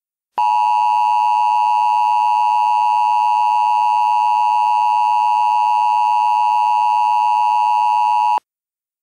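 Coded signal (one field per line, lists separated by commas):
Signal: Emergency Alert System (SAME) tones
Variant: 853 and 960 Hz attention tone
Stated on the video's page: Recreated mock-up EAS scenario of a water tower collapse, not a genuine alert.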